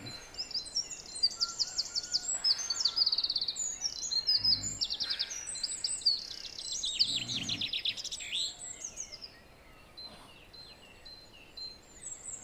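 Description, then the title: Song thrush song of varied high phrases, each rapid trill or whistle repeated a few times before switching, then quieter thin notes near the end. Recorded at 06h in Durenne. "Zanglijster 06h Durenne"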